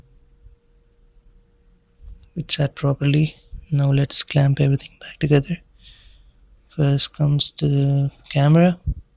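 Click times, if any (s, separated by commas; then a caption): none. During reassembly after a Samsung Galaxy screen digitizer replacement, a smartphone camera module's flex connector is being brought to its motherboard socket while someone talks. A few faint, brief ticks occur around 2.1–2.2 s, and nothing has seated or clicked into place yet.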